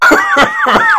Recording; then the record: coughing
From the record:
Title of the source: Heavy cold and sore throat coughing.